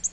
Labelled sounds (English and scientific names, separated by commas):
Nashville Warbler (Leiothlypis ruficapilla) flight call